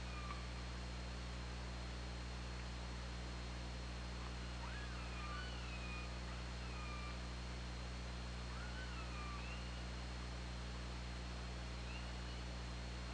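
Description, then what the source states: Killer whale calls, a series of rising and falling tonal squeals with harmonics, spaced irregularly through the recording against constant low hum and background hiss. Underwater hydrophone recording from OrcaLab, made on 24 August 2017 around 22:09.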